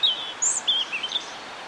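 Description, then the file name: European robin song: short high warbled notes, some sliding down, others trilled, in a quick run of separate phrases with soft background hiss. "Erithacus rubecula"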